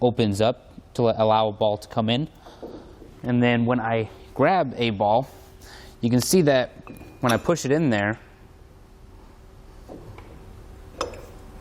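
A hitch ball is pushed up into a Buyers Products cast steel trailer coupler, where it presses the internal plate and the auto latch locks onto the ball. Someone talks through most of the clip, then after a quieter stretch the latch snaps closed with a sharp metallic click at 11.0 s, seating the ball in the coupler.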